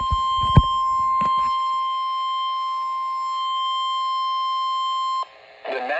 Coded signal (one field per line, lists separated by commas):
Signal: Emergency Alert System (SAME) tones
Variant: 1050 Hz attention tone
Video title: SVA #1 (EAS #21) (SVA #417)